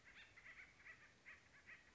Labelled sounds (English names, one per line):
Acorn Woodpecker